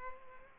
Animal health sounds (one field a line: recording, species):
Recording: mosquito wingbeat signal from an infrared sensor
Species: Culex pipiens